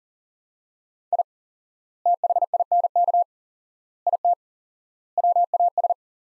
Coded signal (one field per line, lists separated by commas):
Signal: Morse code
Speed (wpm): 40 wpm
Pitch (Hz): 700 Hz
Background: none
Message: I THINK IT WAS